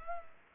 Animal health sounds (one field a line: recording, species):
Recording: mosquito wingbeat signal from an infrared sensor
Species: Culex pipiens